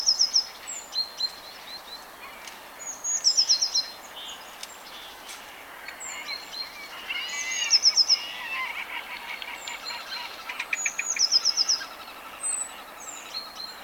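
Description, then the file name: Eurasian blue tit: a thin high note and quick trill repeated at intervals, while a busy chorus of other birds chatters loudly in the middle of the recording. "Cyanistes caeruleus"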